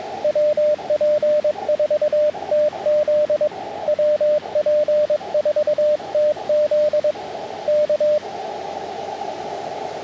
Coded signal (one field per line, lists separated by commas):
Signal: Morse code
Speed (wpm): 21 wpm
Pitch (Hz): 600 Hz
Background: radio noise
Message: WP4TZ WP4TZ K